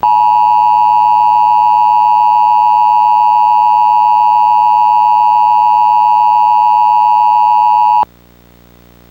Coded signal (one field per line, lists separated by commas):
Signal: Emergency Alert System (SAME) tones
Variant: 853 and 960 Hz attention tone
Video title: EAS Mock: Destruction by Hidden Faults